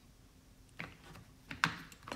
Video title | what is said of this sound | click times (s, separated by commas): Skill Saw Service - Is It Worth It ? 🔴 Live ***Closed*** | Okay, snaps back into place. | 1.6 s